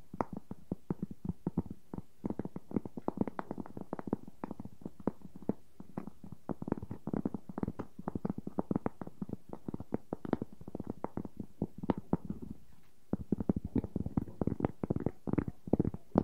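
Wooden objects tap rapidly and unevenly in dense clusters of dull, low knocks with scraping between, pausing briefly around thirteen seconds.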